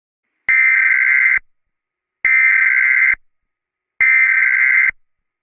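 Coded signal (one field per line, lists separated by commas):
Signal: Emergency Alert System (SAME) tones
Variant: header bursts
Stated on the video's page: Fictional EAS scenario.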